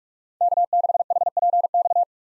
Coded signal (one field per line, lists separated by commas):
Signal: Morse code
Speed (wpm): 46 wpm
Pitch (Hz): 700 Hz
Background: none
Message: K6HPX